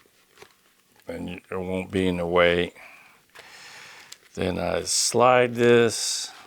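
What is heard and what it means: A plastic adapter clip for a Bluetooth communication headset is handled at its mount on a motorcycle helmet while someone talks. Brief handling sounds come through between the speech, but the clip has not seated or clicked into place yet.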